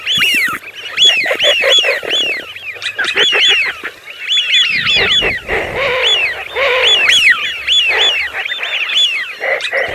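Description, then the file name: Eurasian wigeon whistles, many overlapping rising-falling whistled calls from a flock, continuous throughout with a few lower grunting notes. "FISCHIONE"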